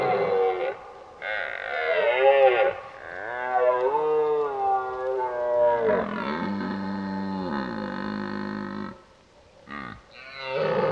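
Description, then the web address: Red deer roaring almost continuously, rough groaning bellows that swell and dip in pitch, broken by a few short pauses. During the rut, while driving the herd. "geluiden Burlen drijven"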